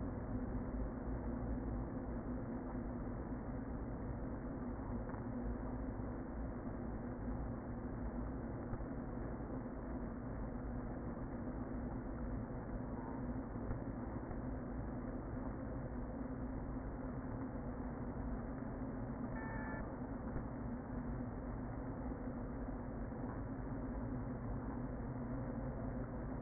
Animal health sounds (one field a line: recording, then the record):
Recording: honeybee colony, microphone inside the hive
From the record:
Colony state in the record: queen present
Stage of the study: before two queens were removed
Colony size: about 60,000 bees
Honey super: yes